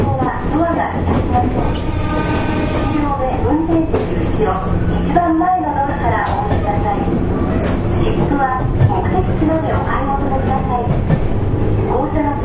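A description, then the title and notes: A JR West 105 series train runs with a steady low rumble and a constant hum throughout. Voices talk over the noise almost continuously, with brief sharp clicks and rattles around two, five and eight seconds. JR西日本 105系電車の走行音です。 万葉まほろば線（桜井線）のワンマン普通列車で録音しました。 区間は、奈良から畝傍までです。 Running sound of JR West 105 series train.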